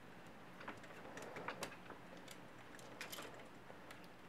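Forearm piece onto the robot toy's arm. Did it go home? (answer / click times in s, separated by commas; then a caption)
no / none. A plastic forearm piece is handled against the arm of a green MakeToys Giant Type 61 robot toy, producing light plastic ticks and taps over a steady low hiss, with the sharpest ticks near 1.5, 1.6 and 3.0 seconds. The piece is not yet home; nothing has snapped in or seated yet.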